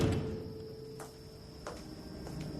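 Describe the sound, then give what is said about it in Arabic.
A door is opened carefully, with a few soft, spaced clicks of the latch over a steady low hum and faint high whine, as a man holding his bag checks that darkness rules outside. No one speaks. “ثم هم واقفا وأمسك بحقيبته، فتح الباب بحرص ليتأكد أن الظلام هو سيد العالم في الخارج، ومضى في طريق الشيطان.”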